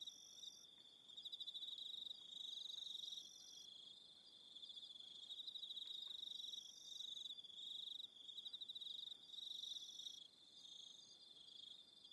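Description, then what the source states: Cricket song: high, rapidly pulsed chirping in trains, rising and dipping in loudness with short gaps. Soundscape with crickets.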